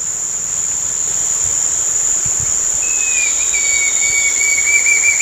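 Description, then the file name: Bird whistle: one long, thin, nearly level note held for about two and a half seconds, half-buried under a loud constant high-pitched whine and hiss. "SABIOD 50 bird 2015"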